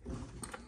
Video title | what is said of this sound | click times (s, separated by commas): PLS Laminator Roller Replacement How To DIY instructional video #laminator #plslaminator | and again you'll hear that snap into place when you get it | 0.4 s